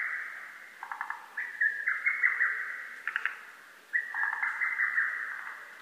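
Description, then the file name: Lesser cuckoo song: three emphatic whistled phrases of quick chopped notes, separated by short gaps. Recorded on 12 June 2010. "hototogisu 20100612"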